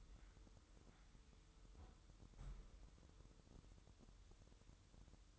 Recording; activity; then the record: daily activity, microphone in the room; close fridge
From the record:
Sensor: 3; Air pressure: 988.4 hPa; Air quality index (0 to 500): 194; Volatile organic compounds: 295 ppm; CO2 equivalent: 4472 ppm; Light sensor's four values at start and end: 24/76/32/27 and 24/76/32/27